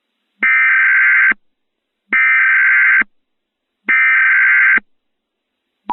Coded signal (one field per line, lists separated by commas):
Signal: Emergency Alert System (SAME) tones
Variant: header bursts